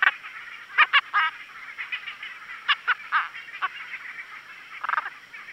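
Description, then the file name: Leprieur's slender-legged treefrog uttering clustered, crackling pulsed notes in irregular groups, with faint similar calls between them. "Osteocephalus leprieuri"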